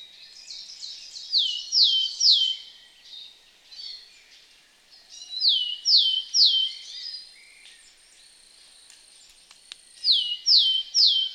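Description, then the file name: Willow tit calling in three bursts of descending whistled notes, two or three per burst, with pauses of several seconds and fainter similar notes in between. "Matkop"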